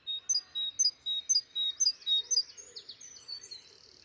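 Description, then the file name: Great tit calls: high, clear two-note whistles repeated about twice a second, trailing off into softer twittering notes. "Parus major"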